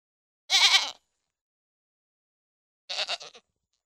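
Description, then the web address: Pygmy goat calls twice, a strong quavering bleat followed after two seconds by a softer, broken one. "Goats -Pigmy"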